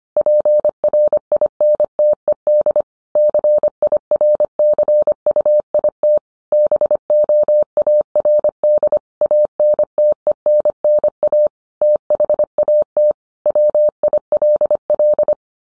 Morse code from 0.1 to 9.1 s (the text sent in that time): PRINTED CIRCUIT BOARD